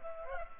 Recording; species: mosquito wingbeat signal from an infrared sensor; Culex pipiens